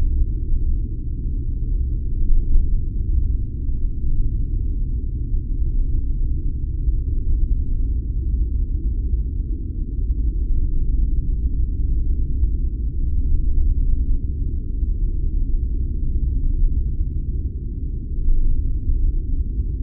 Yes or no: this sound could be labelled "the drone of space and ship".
yes